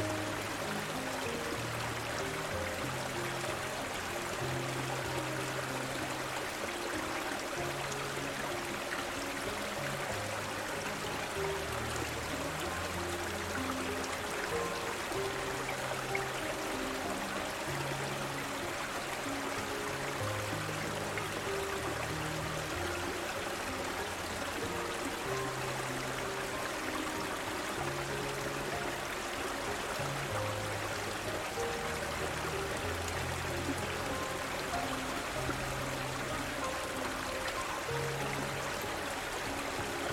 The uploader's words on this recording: Peaceful Small WATERFALL and Dreamy MUSIC. The soothing sound of a peaceful small waterfall and dreamy soft music.